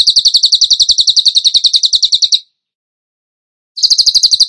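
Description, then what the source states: Bird song: piercing rapid trill of quick repeated notes lasting over two seconds, a silent gap, then another burst of the same trill. Masteran (training recording) of bird song in tembakan gacor style.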